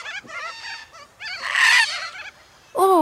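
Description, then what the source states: Red-tailed black cockatoo calls: rough, grating screeches and croaky notes in quick irregular bursts, one louder harsh cry midway and another abrupt call at the end. Father cockatoo arriving back at the nest tree with food for the mother.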